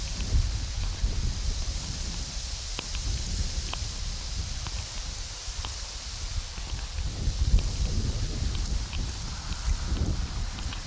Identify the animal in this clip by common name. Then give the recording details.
Red Deer. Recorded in the wild. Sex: diverse. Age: adult. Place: Banff National Park, Rocky Mountains, Alberta, CA. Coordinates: 51.1781, -115.556. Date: 1991-09-19 20:15. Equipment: Sony WM-D6C, Sony ECM-939 LT (Stereo), Kopie Uher 4400 IC. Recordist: Frommolt, Karl-Heinz